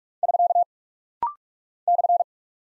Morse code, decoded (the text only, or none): <SK> /